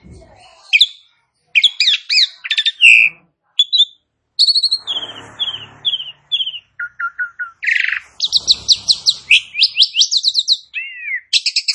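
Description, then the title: Asian pied starling song mixing whistles, a short series of repeated descending notes, a rasping harsh call and quick trilled chatter. "Bunyi Jalak Suren"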